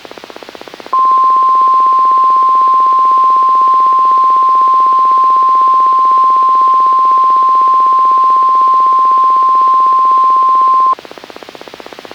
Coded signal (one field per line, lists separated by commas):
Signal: Emergency Alert System (SAME) tones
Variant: 1050 Hz attention tone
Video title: EAS/WXR-C Mock: Countrywide Weather Radio Test